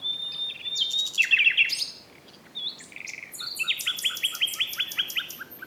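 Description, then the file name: Common nightingale singing: a thin whistle leading into a rapid rattling burst, a pause, then a long fast series of repeated clipped notes. "Luscinia megarhynchos"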